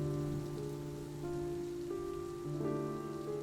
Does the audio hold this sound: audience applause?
no